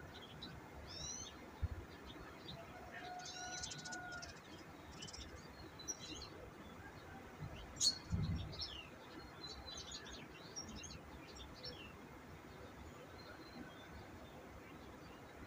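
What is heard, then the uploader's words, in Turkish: Birds call and chirp in an outdoor setting, with quick, bright chirps scattered throughout and a denser cluster around three to five seconds. A steady low rumble of wind or noise underlies everything, with a brief louder thump near eight seconds. Doğa Sesleri. Kuş Sesleri.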